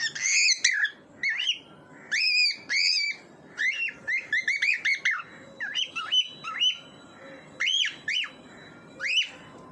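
Bird song, a varied run of whistled, arching notes and quick chirps, delivered in fast clusters with brief pauses, over soft background hiss.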